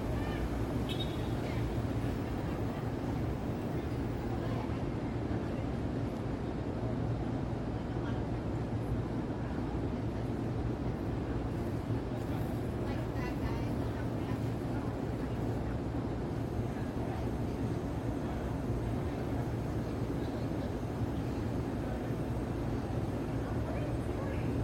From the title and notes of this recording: Open Window New York City Soundscape at Night. City soundscape of Midtown New York City in binaural audio. This is a view of 33rd street from my hotel room in the evening. The audio is not looped and recorded on location.